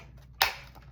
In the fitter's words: You hear that nice positive click there?